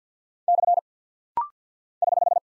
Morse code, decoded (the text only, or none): / <HH>